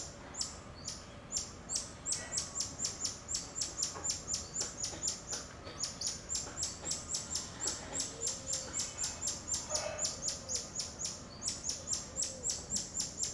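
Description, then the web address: Bird repeating quick high chirps, roughly four a second. Outdoors in a suburb of Rio de Janeiro. "Monte Sound - Atmospheres of Rio de Janeiro 010 AMB External Rio Subburb Birds Dogs Monkeys"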